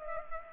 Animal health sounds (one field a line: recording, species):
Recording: mosquito wingbeat signal from an infrared sensor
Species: Culex pipiens